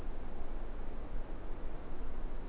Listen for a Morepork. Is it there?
no